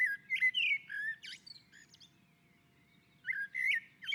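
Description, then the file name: Common blackbird giving a mellow flute-like warble ending in squeaky notes, a brief pause, then another phrase begins; faint low rumble behind. Blackbird on a roof. "Koltrast på taket"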